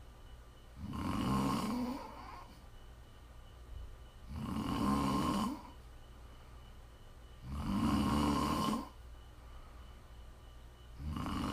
Prime ASMR snoring.